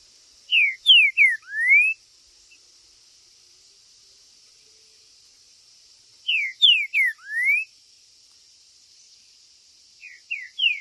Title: TRINCA Piando, Cantando E Macheando Na DISPUTA. TRINCA FERRO